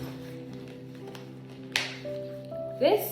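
A snap button's halves on fabric are pulled apart until the snap pops open with a sharp click at 1.8 s, releasing it. Music plays softly underneath, and near the end someone talks.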